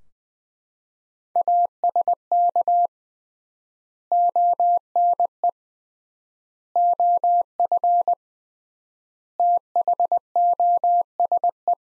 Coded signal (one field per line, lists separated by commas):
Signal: Morse code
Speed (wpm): 20 wpm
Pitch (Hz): 700 Hz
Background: none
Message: ASK ONE OF THOSE